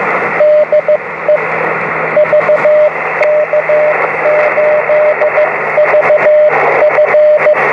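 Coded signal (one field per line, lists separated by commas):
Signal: Morse code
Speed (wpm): 15 wpm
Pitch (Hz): 600 Hz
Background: radio noise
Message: DE VK8VF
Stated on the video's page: 10 m (28 MHz) operation from the beach using a steerable beam based on a Wadetenna vertical.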